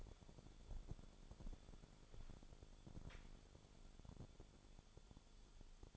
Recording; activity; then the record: daily activity, microphone in the room; walk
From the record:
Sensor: 5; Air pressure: 1015.4 hPa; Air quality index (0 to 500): 172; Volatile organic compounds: 6 ppm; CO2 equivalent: 1870 ppm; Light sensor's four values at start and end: 37/84/34/33 and 37/84/34/33